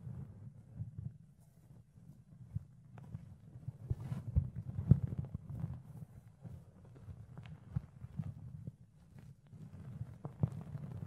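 Rubbing and scratching against the ear, a dense low rumble of soft fluffy brushing that swells and fades without pause. Quick bright clicks and scrapes poke through every second or so, with a louder crackle near the five-second mark.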